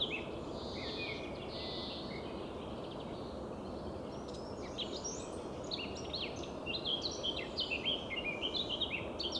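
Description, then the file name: Eurasian blackcap song: soft drawn-out high notes at first, then a busy stretch of quick twittering and chirped notes building in the second half, over steady hiss. "Sylvia atricapilla"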